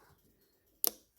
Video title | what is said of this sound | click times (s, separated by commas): ICOM IC-705 - FIRST TIME SET UP-HINTS AND TIPS | you get that sort of nice little click there | 0.9 s